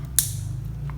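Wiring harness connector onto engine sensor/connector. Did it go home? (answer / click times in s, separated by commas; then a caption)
yes / 0.2 s. A plastic connector on an LS engine wiring harness is pushed onto its mating connector on the engine, seating with a sharp, bright click at 0.2 s over a steady low hum. A faint, softer tick follows near 0.9 s. The connector is confirmed clicked in and seated.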